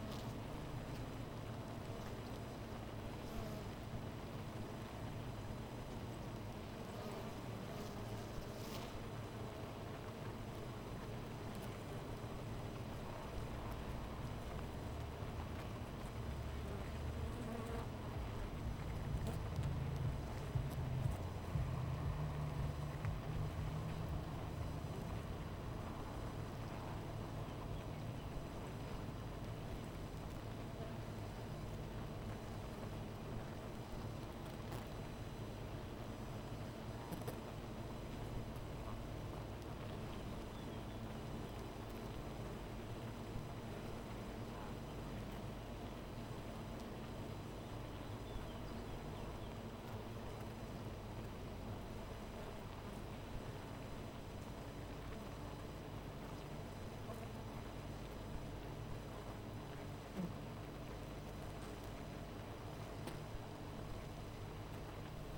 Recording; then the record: honeybee colony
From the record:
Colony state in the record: missing queen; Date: 14 July 2017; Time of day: 13:33